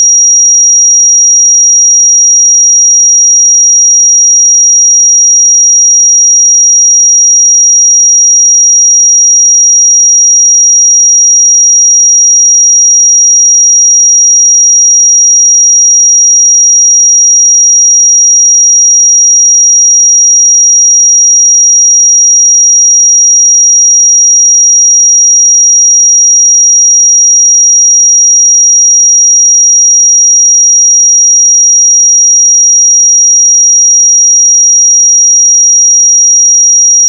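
A steady pure sine tone at 5711 Hz holds unchanged for the full clip, thin and bright, with no other sounds.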